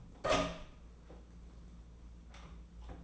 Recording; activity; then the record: daily activity, microphone in the room; open door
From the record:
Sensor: 1